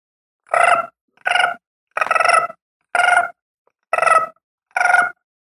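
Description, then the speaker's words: Gray treefrog trills: six short pulsed bursts, mostly under half a second each, repeated about every 0.7 to 1 second, quiet between them. Described as a short trill. "The gray tree frog has a kind of a short trill."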